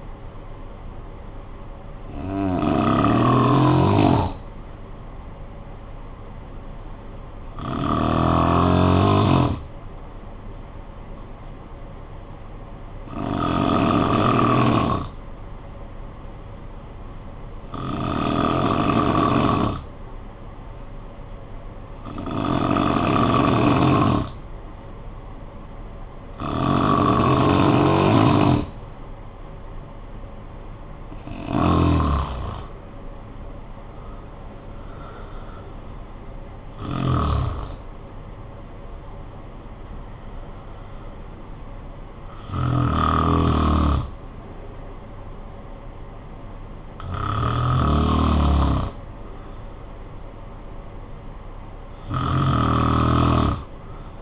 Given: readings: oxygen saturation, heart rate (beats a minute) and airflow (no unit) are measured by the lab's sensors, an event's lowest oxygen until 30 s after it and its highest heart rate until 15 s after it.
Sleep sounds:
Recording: breathing in sleep by a smartphone at the bedside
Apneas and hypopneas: 1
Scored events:
12.00-36.30 s: hypopnea (N1, oxygen 95% highest, then 89% lowest, heart rate 54 at the start, 69 highest)
17.00-47.00 s: new sleep stage, N2 (light sleep)
47.00-54.22 s: new sleep stage, N1 (lightest sleep)
From the record:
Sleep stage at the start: N1 (lightest sleep)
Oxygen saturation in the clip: 88 to 95%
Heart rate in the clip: 47 to 69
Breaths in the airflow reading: 11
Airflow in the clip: -10.1 to 7.9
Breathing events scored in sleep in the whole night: 445 in 7.6 hours asleep

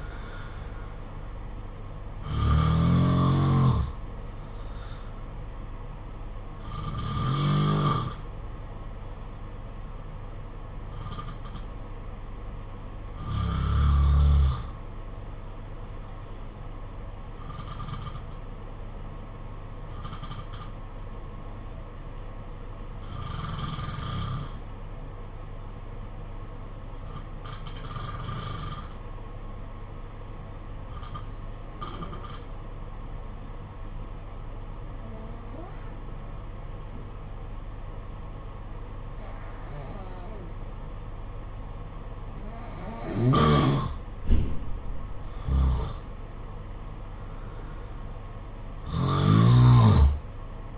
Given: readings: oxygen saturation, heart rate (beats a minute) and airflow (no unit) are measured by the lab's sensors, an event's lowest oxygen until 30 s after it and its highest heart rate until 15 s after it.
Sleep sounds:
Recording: breathing in sleep by a smartphone at the bedside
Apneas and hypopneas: 1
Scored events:
11.00-45.30 s: hypopnea (N2, oxygen 95% highest, then 86% lowest, heart rate 51 at the start, 71 highest)
From the record:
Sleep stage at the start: N2 (light sleep)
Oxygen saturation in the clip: 87 to 95%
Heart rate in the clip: 50 to 64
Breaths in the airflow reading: 14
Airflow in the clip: -6.9 to 8.1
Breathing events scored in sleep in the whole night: 476 in 9.7 hours asleep

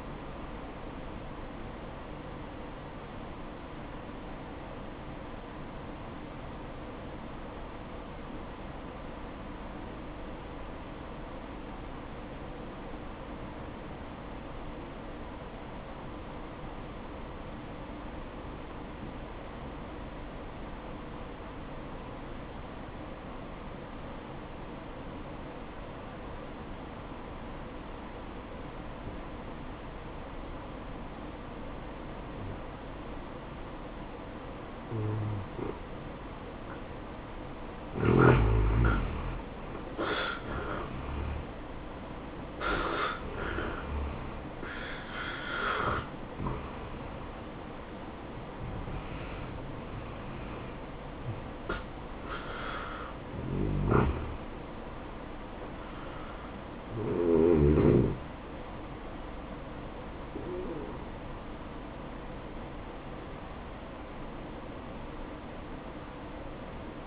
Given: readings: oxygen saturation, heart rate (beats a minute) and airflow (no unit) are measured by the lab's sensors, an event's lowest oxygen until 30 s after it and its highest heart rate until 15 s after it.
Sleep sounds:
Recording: breathing in sleep by a voice recorder at the bedside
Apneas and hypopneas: 1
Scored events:
4.00-38.50 s: hypopnea (N1, oxygen 94% highest, then 82% lowest, heart rate 57 at the start, 76 highest)
23.00-53.00 s: new sleep stage, N2 (light sleep)
53.00-67.07 s: new sleep stage, N1 (lightest sleep)
From the record:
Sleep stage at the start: N1 (lightest sleep)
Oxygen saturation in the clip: 82 to 94%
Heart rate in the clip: 57 to 76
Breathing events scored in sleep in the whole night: 573 in 9.8 hours asleep

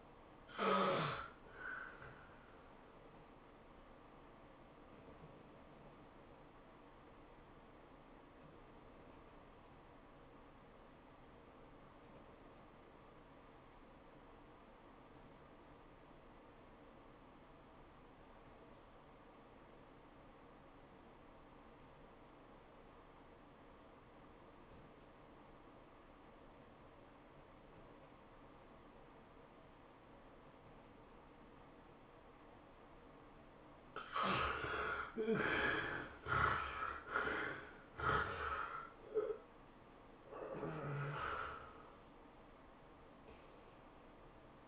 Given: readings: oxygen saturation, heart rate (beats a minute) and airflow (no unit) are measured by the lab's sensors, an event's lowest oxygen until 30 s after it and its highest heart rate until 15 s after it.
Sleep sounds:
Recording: breathing in sleep by a voice recorder at the bedside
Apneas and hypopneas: 1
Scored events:
6.00-33.10 s: obstructive apnea (REM, oxygen 94% highest, then 66% lowest, heart rate 103 at the start, 112 highest)
From the record:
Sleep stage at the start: REM sleep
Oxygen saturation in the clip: 64 to 94%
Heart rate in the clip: 80 to 112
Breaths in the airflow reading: 5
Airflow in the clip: -17.4 to 12.4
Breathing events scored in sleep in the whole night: 403 in 5.5 hours asleep

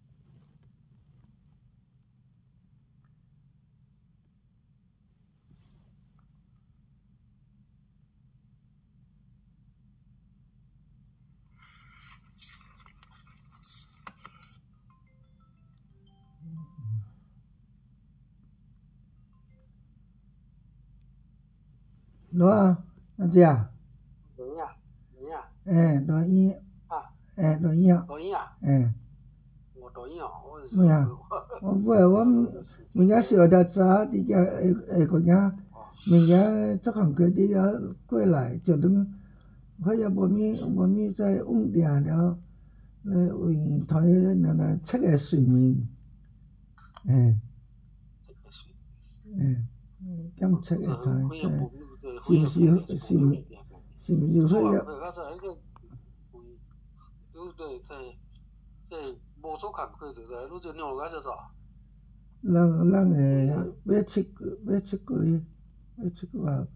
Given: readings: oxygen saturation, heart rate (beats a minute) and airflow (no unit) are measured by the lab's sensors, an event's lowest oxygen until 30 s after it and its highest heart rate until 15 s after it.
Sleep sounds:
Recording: a person awake in a sleep study, by a smartphone at the bedside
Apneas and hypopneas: none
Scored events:
0.00-66.76 s: awake
From the record:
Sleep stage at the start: awake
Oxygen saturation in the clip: 94 to 96%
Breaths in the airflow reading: 16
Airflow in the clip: -6.2 to 6.1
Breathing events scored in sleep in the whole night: 270 in 6.1 hours asleep

